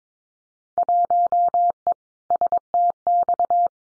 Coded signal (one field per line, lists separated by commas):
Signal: Morse code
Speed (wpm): 22 wpm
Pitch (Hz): 700 Hz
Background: none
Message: 1E STX